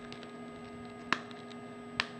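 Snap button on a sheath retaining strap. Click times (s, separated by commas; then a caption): 1.1 s, 2.0 s. The snap buttons on the retaining strap of a SOG FastHawk tomahawk sheath are worked open and closed over a faint steady hum. Two sharp snaps ring out at 1.1 s and 2.0 s as the buttons snap shut firmly and strongly.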